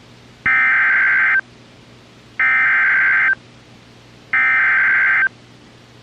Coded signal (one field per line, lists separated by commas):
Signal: Emergency Alert System (SAME) tones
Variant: header bursts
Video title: Did Someone Call for Corona, Alabama? | EAS Alerts from 6/13/2021 (EAS #398-412)